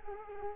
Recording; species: mosquito wingbeat signal from an infrared sensor; Culex quinquefasciatus